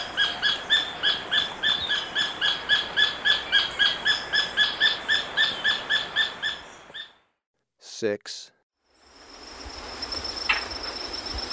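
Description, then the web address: Black-billed treehunter giving a fast, steady series of ringing notes, nearly four per second for about seven seconds, then a pause, a brief click and background hiss. Ecuador. "Birds of Ecuador. Black-billed Treehunter"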